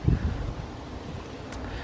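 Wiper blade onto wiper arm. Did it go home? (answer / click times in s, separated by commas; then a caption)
no / none. A plastic wiper blade connector is pushed one-handed onto the metal wiper arm of a 2007 Honda Accord. Low wind-like rumble and handling noise fill the clip, with a brief faint tick at about 1.5 s. The blade has not snapped onto the arm yet because it needs more force.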